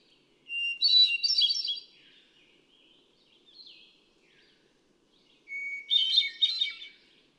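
Hermit thrush song: two phrases several seconds apart, each opening on a pure sustained whistle and breaking into a swirl of higher, echoing flute-like notes.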